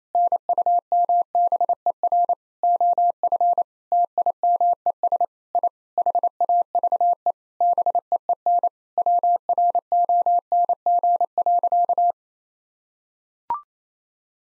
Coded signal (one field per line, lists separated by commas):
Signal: Morse code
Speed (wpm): 28 wpm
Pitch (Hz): 700 Hz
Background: none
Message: NUMBER OF TIMES I HAVE BEEN WRONG.